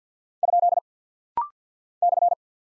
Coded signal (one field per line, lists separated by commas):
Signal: Morse code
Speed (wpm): 48 wpm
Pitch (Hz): 700 Hz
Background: none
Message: ? /